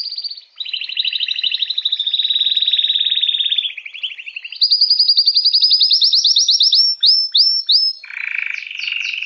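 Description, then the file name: Canary delivering long, even rolling trills, one lower and one higher, ending with quick separated notes and a buzzy low phrase. Belgian mosaic canary. "canto do canario belga mosaico"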